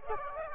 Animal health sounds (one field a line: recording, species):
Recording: mosquito wingbeat signal from an infrared sensor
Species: Culex quinquefasciatus